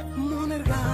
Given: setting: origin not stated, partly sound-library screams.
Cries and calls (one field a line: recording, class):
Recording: one-second piece from a danger detection set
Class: normal situation